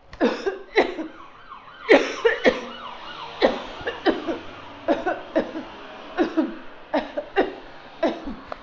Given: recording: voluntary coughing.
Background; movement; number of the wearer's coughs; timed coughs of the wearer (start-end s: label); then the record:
traffic; walking; 12
0.19-0.62 s: cough
0.74-1.05 s: cough
1.87-2.36 s: cough
2.42-2.74 s: cough
3.39-3.99 s: cough
4.03-4.50 s: cough
4.86-5.33 s: cough
5.33-5.73 s: cough
6.16-6.50 s: cough
6.91-7.24 s: cough
7.35-7.63 s: cough
8.00-8.40 s: cough
From the record:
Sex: female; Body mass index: 21.8 kg/m2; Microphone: on the chest, facing outward